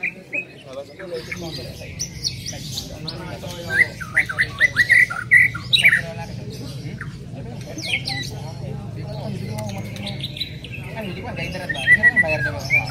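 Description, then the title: Greater green leafbird calling, a busy mix of short sharp squeaks and slurred notes in bursts over a steady low hum. Female calling to a male, described as very actively and excitedly vocal. "CUCAK IJO BETINA GACOR HIPER MEMANGGIL JANTAN"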